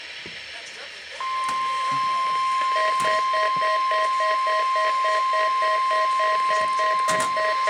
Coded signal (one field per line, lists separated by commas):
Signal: Emergency Alert System (SAME) tones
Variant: 1050 Hz attention tone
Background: speech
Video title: WXL52 Weekly Test (3/31/21)(EAS 644)